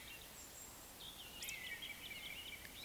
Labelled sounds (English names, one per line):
Eurasian Woodcock whistle
Eurasian Woodcock croak